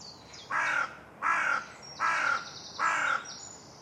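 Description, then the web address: Bird cawing, four harsh, hoarse caws evenly spaced under a second apart, each with a broad rasping tone, over faint background hiss. "Deverinetal 2025 File origin Bird Only"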